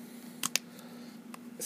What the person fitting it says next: snaps right in there